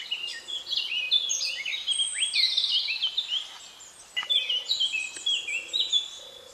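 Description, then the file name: Eurasian blackcap song, quick jumbled warbling with sliding whistled notes, breaking briefly before resuming, with a few low pulsed notes in the background. "Sylvia atricapilla"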